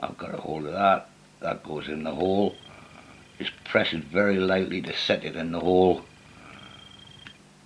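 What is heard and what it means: Someone talks while pressing a tiny nut very lightly to set it in its hole in a model locomotive motor block, before pushing it fully home. Two faint taps are heard near 7.3 s and 7.7 s, but the nut has not seated or clicked yet.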